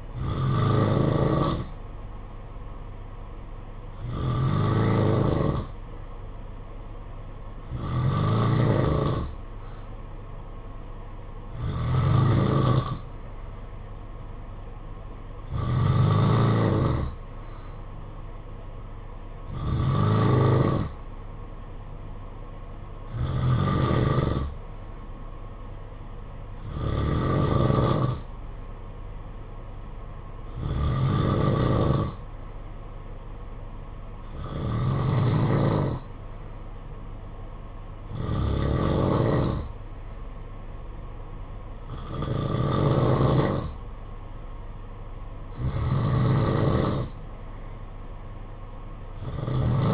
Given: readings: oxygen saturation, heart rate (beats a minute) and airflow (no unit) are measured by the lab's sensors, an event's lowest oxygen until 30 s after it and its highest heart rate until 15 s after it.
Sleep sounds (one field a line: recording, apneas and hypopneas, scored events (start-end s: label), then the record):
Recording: breathing in sleep by a smartphone at the bedside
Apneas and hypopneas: none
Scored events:
none scored
From the record:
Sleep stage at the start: N3 (deep sleep)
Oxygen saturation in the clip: 91 to 92%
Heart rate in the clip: 53 to 60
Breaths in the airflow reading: 13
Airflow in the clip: -7.2 to 5.0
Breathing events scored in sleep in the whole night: 476 in 9.7 hours asleep